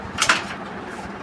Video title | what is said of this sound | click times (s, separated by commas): Computer assambly #computer #hardware #pc | ये हमारा lock हो गया। | 0.2 s, 0.3 s